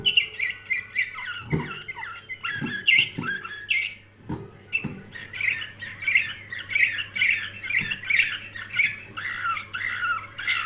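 Canary singing loud, harsh chattering phrases and repeated sharp notes, broken by low thumps, with a continuous low hum underneath.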